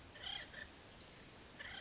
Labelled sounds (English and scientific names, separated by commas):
Acorn Woodpecker (Melanerpes formicivorus)